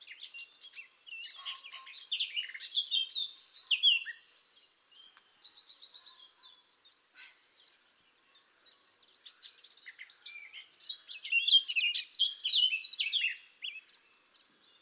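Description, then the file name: Eurasian blackcap song: two long runs of rapid warbling, mixing scratchy chatter, trills and whistled notes, separated by a quieter stretch of soft twittering. "Sylvia atricapilla"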